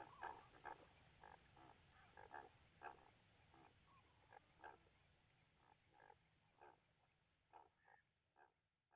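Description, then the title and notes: Greater flamingo flock calls, short nasal honks repeated irregularly, several birds overlapping, over a steady high insect trill. Calm windless night beside Étang de Vaccarès, Camargue, 4 September 2020, 23:10; flock feeding quietly while standing mid-leg in water, occasionally calling; recorded with Nagra recorder and omnidirectional microphone. "Etang de Vaccares - Camargue. Flamant rose ( Phoenicopterus ruber )"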